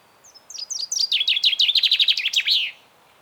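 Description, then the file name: Common chaffinch song, a cascade of quick, falling notes that speeds up and closes with an emphatic terminal flourish. "Fringilla coelebs"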